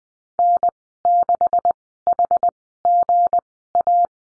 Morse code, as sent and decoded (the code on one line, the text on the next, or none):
-. -.... .... --. .-
N6HGA